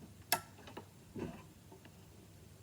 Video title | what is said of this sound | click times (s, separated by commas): Building the VEX V5 Test Bed | so notice I keep the clip on the bottom and you'll hear it snap in | 0.3 s